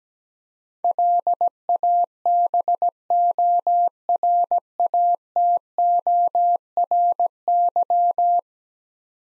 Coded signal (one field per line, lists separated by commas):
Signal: Morse code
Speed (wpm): 17 wpm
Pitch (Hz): 700 Hz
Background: none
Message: LABORATORY